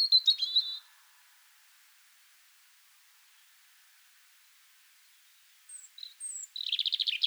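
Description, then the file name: European robin: short high-pitched songbird phrases at the start and end: a buzzy trill, a long silence, then scattered thin notes leading into a rapid trilled burst. "Erithacus rubecula"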